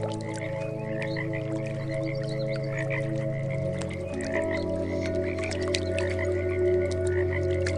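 Frogs give a dense chorus of short croaks over sustained, slowly changing meditation music tones.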